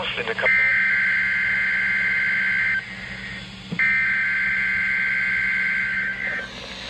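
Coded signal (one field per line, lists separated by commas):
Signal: Emergency Alert System (SAME) tones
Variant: header bursts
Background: speech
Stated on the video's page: Required Weekly Test on NOAA Weather Radio in Minnesota.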